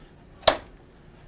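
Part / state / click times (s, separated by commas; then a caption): action camera into its plastic mount on a quadcopter / seated / 0.5 s. A small Mobius action camera, popped loose from its plastic mount on a DJI Phantom quadcopter and slid forward, is pushed back in and clicks into place with a single sharp snap at 0.5 s. A faint tick follows at 0.7 s, then quiet, and the camera is seated in its mount.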